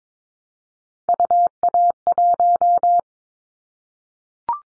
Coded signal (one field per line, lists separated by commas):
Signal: Morse code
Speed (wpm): 22 wpm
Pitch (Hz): 700 Hz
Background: none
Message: UA1